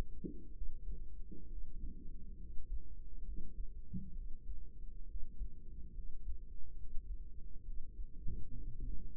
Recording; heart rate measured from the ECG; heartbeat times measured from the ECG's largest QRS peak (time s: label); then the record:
heart sounds by microphone in the right ear; 67 bpm
0.51 s: heartbeat
1.46 s: heartbeat
2.36 s: heartbeat
3.22 s: heartbeat
4.12 s: heartbeat
5.04 s: heartbeat
5.91 s: heartbeat
6.74 s: heartbeat
7.62 s: heartbeat
8.51 s: heartbeat
From the record:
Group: healthy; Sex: female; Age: 22 years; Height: 154 cm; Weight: 58.7 kg